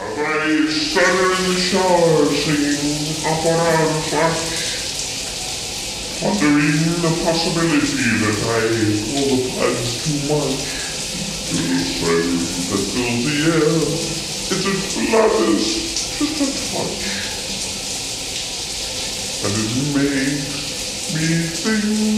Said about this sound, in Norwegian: Grenseløst tar seg alltid en dusj etter sendingen.